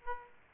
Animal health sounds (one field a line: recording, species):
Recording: mosquito wingbeat signal from an infrared sensor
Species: Aedes aegypti